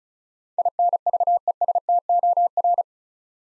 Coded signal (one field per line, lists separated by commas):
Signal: Morse code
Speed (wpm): 36 wpm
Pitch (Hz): 700 Hz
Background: none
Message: INVESTOR